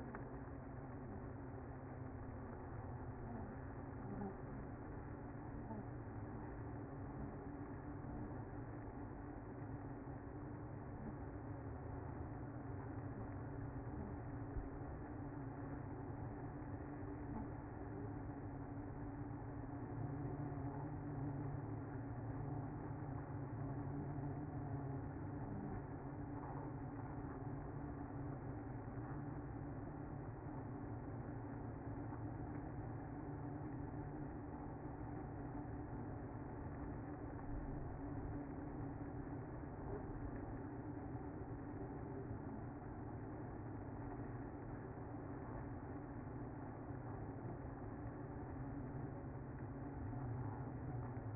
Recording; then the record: honeybee colony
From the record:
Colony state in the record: active